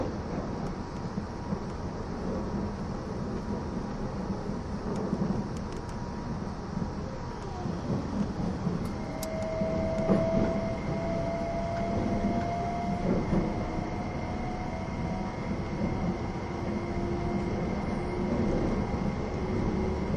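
Running sound recorded aboard the E261 series Saphir Odoriko train: a steady, dense low rumble of the train in motion with faint rhythmic rail clatter. Around nine seconds a thin high whine rises and holds, with a few sharp ticks and squeaks scattered through.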